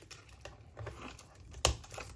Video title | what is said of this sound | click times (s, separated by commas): Omron HEM-7140T1 Blood Pressure Monitor - Unboxing & Review | that is all you should hear a firm click there when you insert the Jack and | 1.7 s